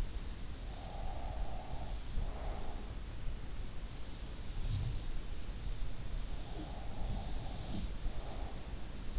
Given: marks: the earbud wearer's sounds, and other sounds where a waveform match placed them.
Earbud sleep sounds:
sounds in sleep by an in-ear microphone; breath
0.70-2.95 s: breath
6.38-9.19 s: breath

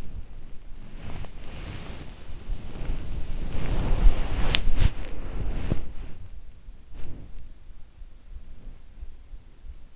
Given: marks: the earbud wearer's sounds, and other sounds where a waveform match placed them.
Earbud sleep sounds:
sounds in sleep by an in-ear microphone; body movement
0.00-7.74 s: body movement

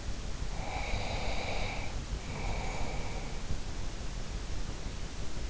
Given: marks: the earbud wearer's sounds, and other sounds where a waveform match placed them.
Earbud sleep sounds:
sounds in sleep by an in-ear microphone; breath
0.46-3.52 s: breath

